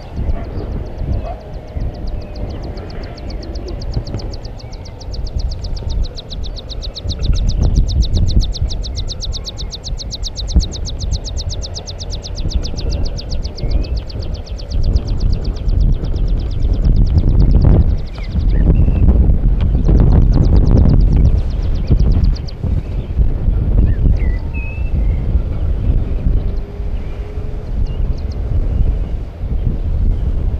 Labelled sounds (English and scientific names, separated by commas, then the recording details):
Meadow Pipit (Anthus pratensis)
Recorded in the wild
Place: Stolberg, Nordrhein-Westfalen, DE
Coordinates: 50.74, 6.24
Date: 1985-06-28
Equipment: Sony WM-D6C, Big Ear
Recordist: Skiba, Reinald